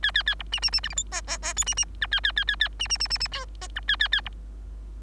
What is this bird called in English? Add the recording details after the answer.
Bengalese Finch. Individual Bird3